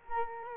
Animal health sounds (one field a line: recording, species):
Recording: mosquito wingbeat signal from an infrared sensor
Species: Culex quinquefasciatus